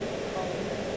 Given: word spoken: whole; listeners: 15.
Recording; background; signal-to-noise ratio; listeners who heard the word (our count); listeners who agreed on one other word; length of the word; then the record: one English word in noise, from a listening test; speech-shaped noise; -5.9 dB; 2 of 15; 8 of 15; 0.57 s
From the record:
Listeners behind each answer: 8, 2, 2, 1, 1, 1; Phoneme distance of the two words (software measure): 17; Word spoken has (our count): 1 syllable, 3 phonemes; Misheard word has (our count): 1 syllable, 4 phonemes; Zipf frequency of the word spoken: 5.54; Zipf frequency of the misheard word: 5.11